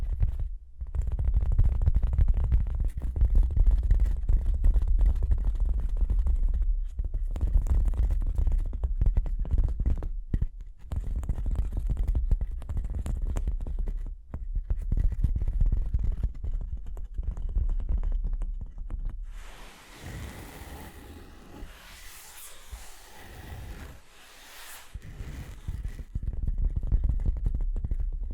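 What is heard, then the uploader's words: Tapping and scratching over a heavy low rumble. For the first twenty seconds, dense, irregular taps and clicks come in quick clusters. From about twenty seconds on, a brighter, hissing scratch takes over, with brief breaks near 23 and 26 seconds. Tapping and Scratching (No Talking).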